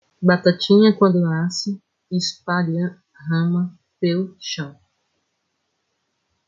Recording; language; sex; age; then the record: short text; Brazilian Portuguese; female; 30 to 39 years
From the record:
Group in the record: control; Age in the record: 34 years